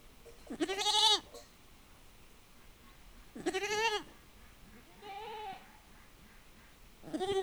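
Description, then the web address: Goat bleats: three loud, wavering bleats about three seconds apart, with a softer, shorter bleat between them. Domestic goats in a farmyard, calling back and forth in a dialogue in the wind. "allathangok parasztudvar hazikecske kecske parbeszedaszelben"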